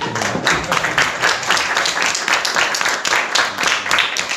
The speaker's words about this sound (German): Und damit vielleicht ein kurzer Applaus für unsere Sprecher.